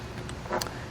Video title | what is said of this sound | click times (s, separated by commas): etrailer - Yakima JetStream Crossbars Installation - 2018 Tesla Model 3 | until you hear those snaps right there now | 0.3 s, 0.5 s, 0.6 s, 0.7 s